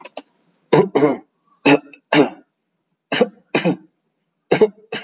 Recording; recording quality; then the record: shallow voluntary cough; moderate, slight background noise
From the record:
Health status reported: exposed to COVID-19, no respiratory illness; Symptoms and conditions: cough, sore throat, fever, muscle pain, asthma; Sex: male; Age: 26 years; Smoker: no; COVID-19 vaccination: one dose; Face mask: not worn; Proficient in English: yes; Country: India